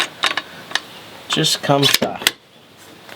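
While a bolt-action .50 BMG rifle, the Dominion Arms DA50, is being reassembled, its metal takedown pin is handled as it is pushed back toward the receiver. Sharp metallic ticks and taps come early in the clip, and someone talks briefly in the middle. The clip goes quiet with a faint tick near the end, and nothing has seated or clicked yet.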